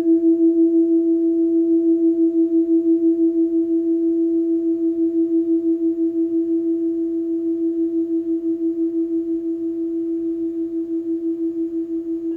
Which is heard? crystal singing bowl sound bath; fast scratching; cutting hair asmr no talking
crystal singing bowl sound bath